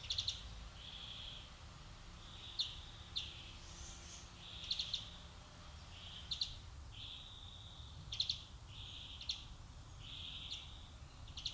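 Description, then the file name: European greenfinch calling, short ticking notes alternating with drawn-out buzzy wheezes at a high pitch, repeated every second or two against soft background hiss. "Chloris chloris"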